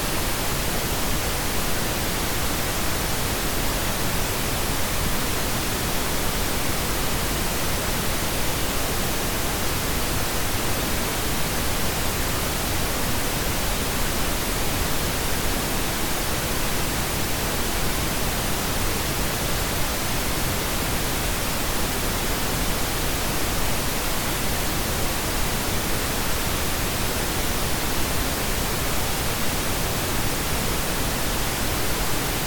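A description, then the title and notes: Pink noise runs without a break, a dense, even hiss spread from deep low rumble up through bright highs. The level holds perfectly steady for the whole stretch, with no events, gaps or changes and nothing else in the background. Pink Noise Sound Machine.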